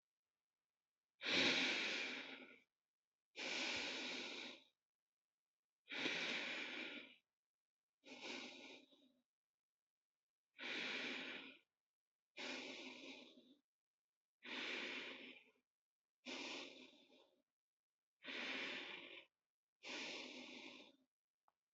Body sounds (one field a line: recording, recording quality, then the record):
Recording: deep breathing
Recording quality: excellent, no background noise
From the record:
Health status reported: healthy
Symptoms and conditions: none ticked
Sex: male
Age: 23 years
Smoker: not ticked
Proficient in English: yes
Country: India